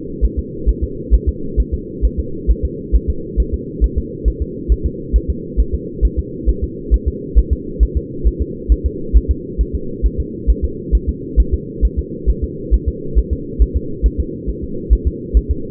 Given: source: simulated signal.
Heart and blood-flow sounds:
fetal heart sounds
0.25 s: S1
0.39 s: S2
0.69 s: S1
0.84 s: S2
1.14 s: S1
1.29 s: S2
1.60 s: S1
1.74 s: S2
2.05 s: S1
2.20 s: S2
2.51 s: S1
2.65 s: S2
2.96 s: S1
3.10 s: S2
3.40 s: S1
3.54 s: S2
3.84 s: S1
3.98 s: S2
4.28 s: S1
4.42 s: S2
4.72 s: S1
4.86 s: S2
5.16 s: S1
5.30 s: S2
5.60 s: S1
5.75 s: S2
6.05 s: S1
6.19 s: S2
6.49 s: S1
6.64 s: S2
6.94 s: S1
7.08 s: S2
7.38 s: S1
7.53 s: S2
7.83 s: S1
7.97 s: S2
8.27 s: S1
8.42 s: S2
8.72 s: S1
8.86 s: S2
9.17 s: S1
9.31 s: S2
9.61 s: S1
9.75 s: S2
10.06 s: S1
10.20 s: S2
10.50 s: S1
10.65 s: S2
10.95 s: S1
11.09 s: S2
11.40 s: S1
11.54 s: S2
11.85 s: S1
11.99 s: S2
12.30 s: S1
12.44 s: S2
12.74 s: S1
12.89 s: S2
13.18 s: S1
13.33 s: S2
13.62 s: S1
13.77 s: S2
14.06 s: S1
14.20 s: S2
14.49 s: S1
14.64 s: S2
14.93 s: S1
15.07 s: S2
15.37 s: S1
15.51 s: S2
From the record:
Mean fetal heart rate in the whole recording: 135 bpm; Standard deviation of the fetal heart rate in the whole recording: 3 bpm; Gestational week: 34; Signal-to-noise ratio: -4.3 dB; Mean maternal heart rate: 72 bpm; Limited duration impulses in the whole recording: absent

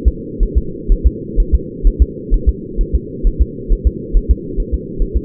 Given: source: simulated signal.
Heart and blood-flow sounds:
fetal heart sounds
0.08 s: S2
0.43 s: S1
0.57 s: S2
0.92 s: S1
1.06 s: S2
1.40 s: S1
1.55 s: S2
1.87 s: S1
2.02 s: S2
2.34 s: S1
2.49 s: S2
2.81 s: S1
2.95 s: S2
3.27 s: S1
3.42 s: S2
3.72 s: S1
3.87 s: S2
4.17 s: S1
4.31 s: S2
4.60 s: S1
4.74 s: S2
5.02 s: S1
5.17 s: S2
From the record:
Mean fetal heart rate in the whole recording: 130 bpm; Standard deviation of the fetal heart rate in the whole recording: 4 bpm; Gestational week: 38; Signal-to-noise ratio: -4.3 dB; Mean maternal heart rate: 72 bpm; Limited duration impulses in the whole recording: present

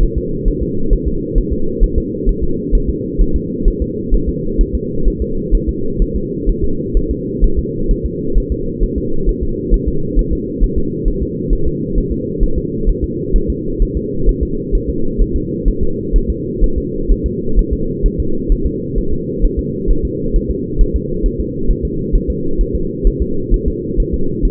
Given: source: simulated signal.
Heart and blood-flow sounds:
fetal heart sounds
0.03 s: S1
0.18 s: S2
0.48 s: S1
0.63 s: S2
0.93 s: S1
1.07 s: S2
1.38 s: S1
1.52 s: S2
1.83 s: S1
1.98 s: S2
2.29 s: S1
2.44 s: S2
2.75 s: S1
2.90 s: S2
3.21 s: S1
3.36 s: S2
3.68 s: S1
3.82 s: S2
4.14 s: S1
4.29 s: S2
4.61 s: S1
4.75 s: S2
5.08 s: S1
5.22 s: S2
5.55 s: S1
5.69 s: S2
6.02 s: S1
6.16 s: S2
6.49 s: S1
6.64 s: S2
6.97 s: S1
7.11 s: S2
7.44 s: S1
7.59 s: S2
7.91 s: S1
8.05 s: S2
8.38 s: S1
8.52 s: S2
8.84 s: S1
8.98 s: S2
9.29 s: S1
9.43 s: S2
9.74 s: S1
9.88 s: S2
10.19 s: S1
10.33 s: S2
10.63 s: S1
10.78 s: S2
11.08 s: S1
11.22 s: S2
11.53 s: S1
11.67 s: S2
11.98 s: S1
12.12 s: S2
12.43 s: S1
12.58 s: S2
12.89 s: S1
13.04 s: S2
13.36 s: S1
13.50 s: S2
13.82 s: S1
13.97 s: S2
14.29 s: S1
14.43 s: S2
14.75 s: S1
14.89 s: S2
15.21 s: S1
15.36 s: S2
15.68 s: S1
15.83 s: S2
16.16 s: S1
16.30 s: S2
16.64 s: S1
16.78 s: S2
17.11 s: S1
17.26 s: S2
17.59 s: S1
17.73 s: S2
18.06 s: S1
18.20 s: S2
18.52 s: S1
18.66 s: S2
18.98 s: S1
19.13 s: S2
19.45 s: S1
19.59 s: S2
19.91 s: S1
20.05 s: S2
20.36 s: S1
20.51 s: S2
20.81 s: S1
20.96 s: S2
21.26 s: S1
21.40 s: S2
21.70 s: S1
21.85 s: S2
22.15 s: S1
22.30 s: S2
22.61 s: S1
22.75 s: S2
23.07 s: S1
23.22 s: S2
23.54 s: S1
23.68 s: S2
24.00 s: S1
24.14 s: S2
24.45 s: S1
From the record:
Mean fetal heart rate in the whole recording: 130 bpm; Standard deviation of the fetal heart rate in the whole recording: 4 bpm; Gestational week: 38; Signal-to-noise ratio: -8.1 dB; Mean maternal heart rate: 72 bpm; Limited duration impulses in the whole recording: absent

